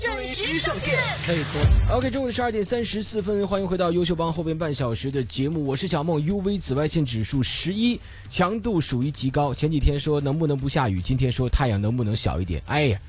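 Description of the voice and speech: Clear, fluent Mandarin (Putonghua) from one adult female radio host on RTHK's Putonghua channel, welcoming listeners back to the midday programme 优秀帮 and giving the time and the UV index; ordinary speech.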